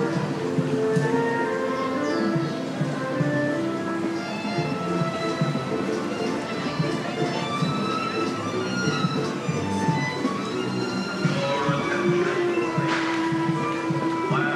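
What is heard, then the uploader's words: A crowded town square on a warm afternoon, with steady chatter from many people. A band plays along through it, holding long brass notes. A brief bright burst stands out near the thirteenth second, and the overall level stays even throughout. Town Square Sounds with the Disneyland Band. Town Square during a pleasant and warm afternoon as the Disneyland Band walks by and the Disneyland Railroad arrives and departs Main Street Station.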